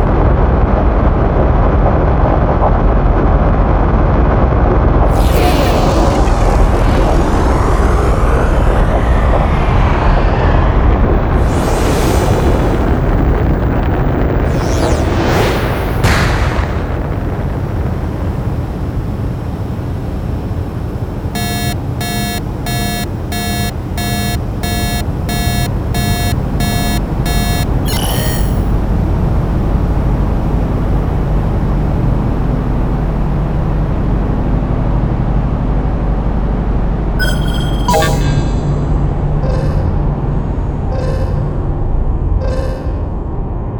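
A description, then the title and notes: Spaceship sound effects: a loud, constant low rumble of engines runs throughout. Sweeping whooshes pass near 5, 11 and 15 seconds, a rapid pulsing electronic tone sounds from about 21 to 28 seconds, and brief bright beeps and chirps appear around 37 to 43 seconds. Battlecruiser - Spaceship Sound Effects. Explosions, spaceship passby and transmission sounds.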